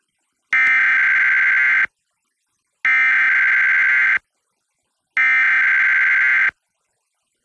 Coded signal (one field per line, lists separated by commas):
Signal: Emergency Alert System (SAME) tones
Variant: header bursts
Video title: EAS #1080-1081: 2 EAS Required Monthly Tests- May 13, 2025- 10:13AM PDT